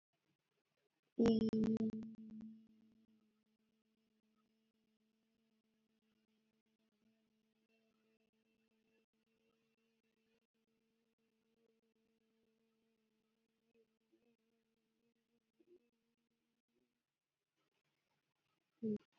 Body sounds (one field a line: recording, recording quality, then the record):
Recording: sustained vowel as in beet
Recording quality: excellent, no background noise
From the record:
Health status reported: healthy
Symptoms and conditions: asthma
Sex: female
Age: 21 years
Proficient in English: yes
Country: India